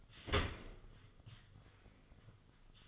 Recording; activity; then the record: daily activity, microphone in the room; open dishwasher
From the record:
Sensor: 4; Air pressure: 1005.6 hPa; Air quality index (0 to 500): 111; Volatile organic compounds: 3 ppm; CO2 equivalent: 1380 ppm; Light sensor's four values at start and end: 12/28/11/10 and 12/28/11/10